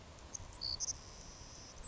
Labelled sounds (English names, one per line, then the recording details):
Savannah Sparrow
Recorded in Sonoma County, California